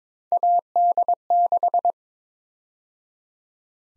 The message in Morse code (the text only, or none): AD6